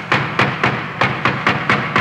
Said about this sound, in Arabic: سمعنا طرقا عنيفا على الباب انخلعت له قلوبنا.